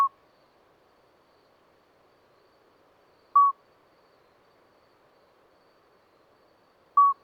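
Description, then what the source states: Common midwife toad song: brief clear piping notes repeated roughly every three and a half seconds, with soft background hiss. Two calling toads at Lesches-en-Diois, 13 May 2020, at night after two days of rain with dripping vegetation, singing until daybreak; recorded on Nagra Seven with MKH40 microphone.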